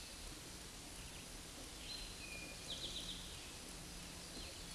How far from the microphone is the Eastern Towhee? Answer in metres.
about 60 m